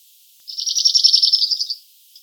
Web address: emberiza cirlus call